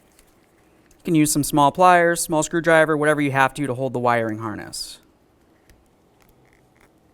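A wiring harness's plastic connector is being fitted to the steering wheel switch of a 2000-2006 Chevrolet Tahoe, with the harness held using small pliers or a small screwdriver. Someone talks from about 1.1 to 4.9 s, and a few faint ticks follow at about 5.7, 6.2, 6.5 and 6.8 s in a quiet background. Nothing has seated or clicked yet.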